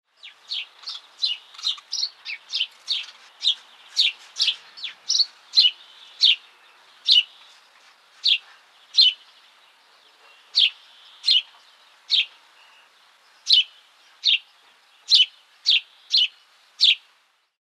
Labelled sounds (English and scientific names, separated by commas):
House Sparrow (Passer domesticus)